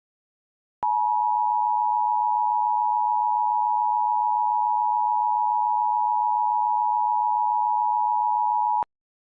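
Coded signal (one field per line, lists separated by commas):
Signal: Emergency Alert System (SAME) tones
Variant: 853 and 960 Hz attention tone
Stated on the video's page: Mock EAS Required Monthly Test.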